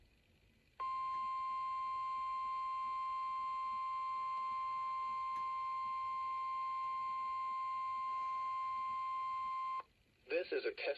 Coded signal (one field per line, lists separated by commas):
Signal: Emergency Alert System (SAME) tones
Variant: 1050 Hz attention tone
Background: speech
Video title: 1/1/2025 - Required Weekly Test (EAS #1)